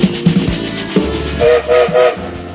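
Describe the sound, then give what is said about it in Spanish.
A train rumbles and clatters with rhythmic low thumps, then its whistle gives three short, steady, mid-pitched blasts in quick succession over the rolling noise, opening the live radio programme El Tren on Radio Cooperativa. “Buenas noches, el tren ya está en movimiento, ustedes escucharon el silbato, estamos en vivo.”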